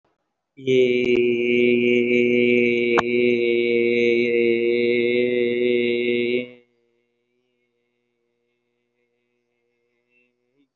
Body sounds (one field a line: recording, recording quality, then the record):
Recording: sustained vowel as in made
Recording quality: excellent, no background noise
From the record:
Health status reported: healthy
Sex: male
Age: 25 years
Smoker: yes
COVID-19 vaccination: one dose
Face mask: worn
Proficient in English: yes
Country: India